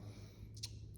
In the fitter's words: the Makita one didn't snap in so this one has a snap ring and once you lock it in it doesn't come off